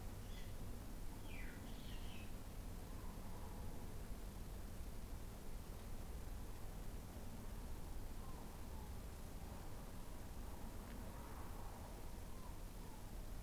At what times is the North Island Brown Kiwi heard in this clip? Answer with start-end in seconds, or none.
none